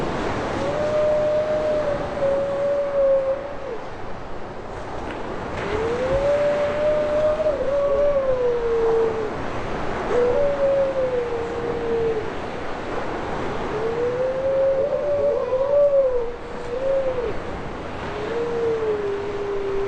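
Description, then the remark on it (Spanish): Grey seals call in long, wavering moans, rising and falling in pitch, repeating every few seconds over a steady wash of surf and wind, on a beach in Norfolk, England, where grey seals come between November and February to have their pups. “Cada año, entre noviembre y febrero, llegarán focas grises a estas playas para tener sus crías.”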